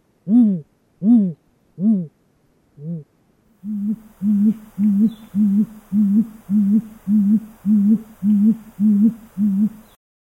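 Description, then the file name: Great Gray Owl hooting: four deep hoots, then a longer, quicker run of similar hoots repeated evenly over faint hiss. "1997-10-25 Great Gray Owl"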